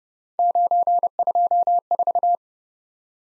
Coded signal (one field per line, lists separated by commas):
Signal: Morse code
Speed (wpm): 30 wpm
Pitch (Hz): 700 Hz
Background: none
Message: 924